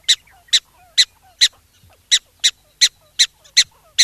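Black-tailed prairie dog barking: ten short, shrill yips roughly two per second, with a brief pause midway and faint chirps in the background.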